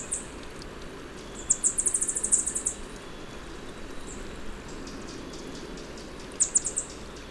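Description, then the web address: Spotted tanager giving a single chip, then a fast run of high, thin ticking notes lasting about a second, then a faint chip and a short cluster of a few chips, over low background noise. Ecuador. "Natures Songs S America Birds of Ecuador. Spotted Tanager"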